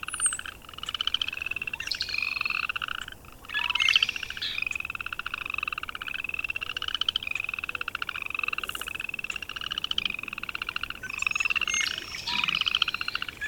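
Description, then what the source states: Chorus of frogs with long rattling trills in bursts, short pauses between. At a pond.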